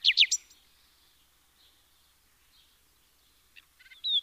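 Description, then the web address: Common nightingale song: a few loud, sharp whistled notes, then near silence, ending with short rapid chirps and a high whistle. "SETE data Luscinia megarhynchos"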